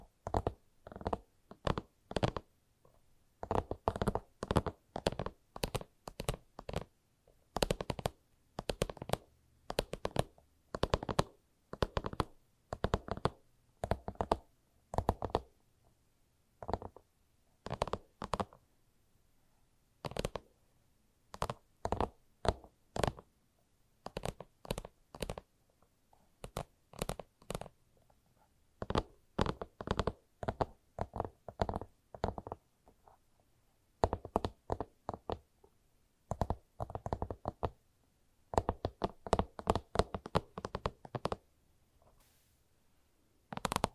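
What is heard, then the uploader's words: ASMR tapping: crisp, sharp taps come in quick bursts and short rhythmic runs, separated by brief pauses. The pattern continues through the whole clip, growing into faster, denser flurries near the end, with nearly silent gaps between groups. ASMR Irresistible Tapping. No Talking.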